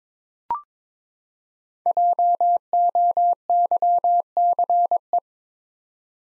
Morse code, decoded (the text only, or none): JOYCE